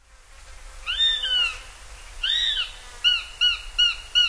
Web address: Songs of Birds of North America Stokes. Northern Goshawk